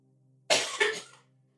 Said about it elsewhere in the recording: You can hear me coughing off mic over there.